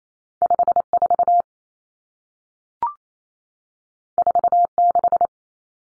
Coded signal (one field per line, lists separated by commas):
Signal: Morse code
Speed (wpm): 28 wpm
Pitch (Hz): 700 Hz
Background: none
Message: 54 46